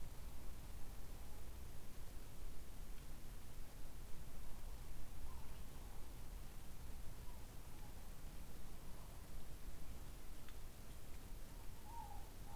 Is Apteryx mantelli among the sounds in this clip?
no